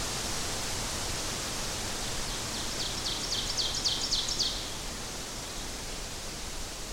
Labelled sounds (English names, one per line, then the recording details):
Ovenbird song
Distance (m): 50 m
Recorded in boreal forest in Alberta, Canada, on 14 June 2016 at 08:23
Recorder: SongMeter 3, array SBT-3-33
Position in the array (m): 109 m, 144 m
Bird 21